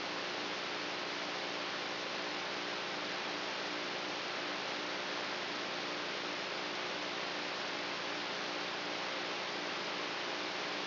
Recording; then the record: brain microelectrode recording played as sound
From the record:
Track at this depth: outside the subthalamic nucleus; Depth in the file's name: 0.207 mm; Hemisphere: right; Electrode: 3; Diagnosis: Parkinson's disease